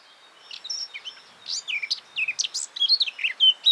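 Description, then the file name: Eurasian blackcap in a rapid run of scratchy, varied notes that grows steadily louder and denser toward the end, with faint hiss behind. "Sylvia atricapilla"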